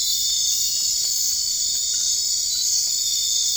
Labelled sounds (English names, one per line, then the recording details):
none
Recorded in dense forest near Puerto Asís, Putumayo, Colombia, on 21 March 2025 at 00:00
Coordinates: 0.485, -76.318
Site G056